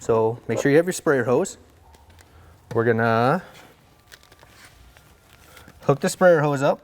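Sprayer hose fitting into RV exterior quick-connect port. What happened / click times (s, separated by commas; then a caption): The hose is handled but not yet connected / none. Someone talks while readying a sprayer hose to hook its fitting into the exterior quick-connect port of a Winnebago Travato RV being de-winterized. Light handling and footstep noises come through, including a short run of soft taps around 4.1–4.4 s. Nothing has seated or clicked yet.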